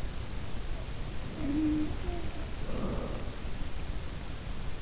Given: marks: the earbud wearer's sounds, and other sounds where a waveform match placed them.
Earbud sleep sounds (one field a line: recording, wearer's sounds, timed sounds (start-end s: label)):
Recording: sounds in sleep by an in-ear microphone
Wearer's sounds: breath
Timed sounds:
0.66-3.63 s: breath
1.20-2.85 s: sound from someone else or the room